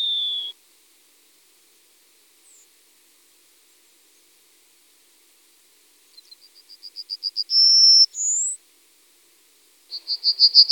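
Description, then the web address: Yellowhammer song: a quickening run of short high repeated notes climbing in loudness, then a long sustained note and a brief rising slur; a new run begins near the end. "Emberiza citrinella. ns svatomartinska alej"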